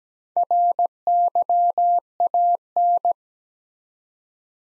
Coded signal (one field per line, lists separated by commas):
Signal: Morse code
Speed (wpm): 17 wpm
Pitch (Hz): 700 Hz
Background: none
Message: RYAN